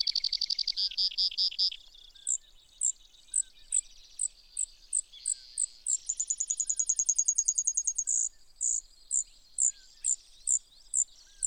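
Brewer's sparrow song beginning with a pulsed buzzy trill, then evenly spaced high notes alternating with brisk trilled runs.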